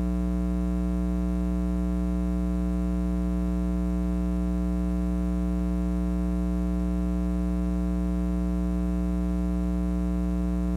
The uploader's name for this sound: 60HZ Buzz